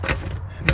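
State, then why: Torque reached. On a 2011 Ford Escape FWD 3.0, a click-type torque wrench set to about 214–215 ft-lb is pulled on the rear axle hub nut during a rear ABS sensor ring replacement. Low rumbling and faint metallic jangling lead up to one sharp click at 0.7 s. The wrench clicks at its setting, confirming the nut is torqued to spec.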